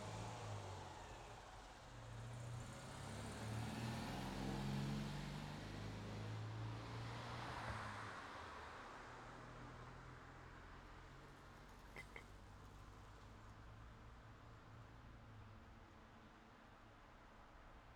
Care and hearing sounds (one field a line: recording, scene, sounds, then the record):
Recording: everyday scene through a hearing-aid microphone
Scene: in traffic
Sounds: traffic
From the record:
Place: city secondary road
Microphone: in the ear canal, left